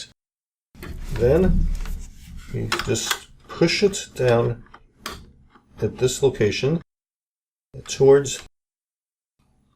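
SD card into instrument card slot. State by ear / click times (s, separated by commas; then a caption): seated / 5.1 s. An SD memory card is pushed down into the card slot of an AEMC PowerPad III power analyzer until it latches, with a small click at 5.1 s showing it is seated in place. Someone talks throughout.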